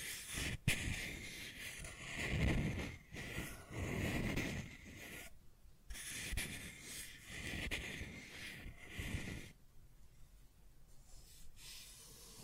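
Scratching and tracing on a surface, heard as rough, gritty rubbing strokes that swell and fade in bursts every second or two. A few sharp clicks punctuate the strokes, and quieter gaps near six and ten seconds leave only a faint hiss.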